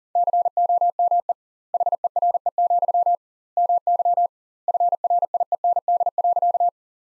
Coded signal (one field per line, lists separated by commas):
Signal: Morse code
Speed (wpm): 40 wpm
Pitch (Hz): 700 Hz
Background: none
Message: COME HERE, MY FRIEND.